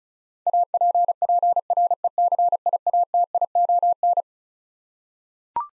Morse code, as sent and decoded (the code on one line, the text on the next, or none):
.- .--. .--. .-. . -.-. .. .- - .. --- -.
APPRECIATION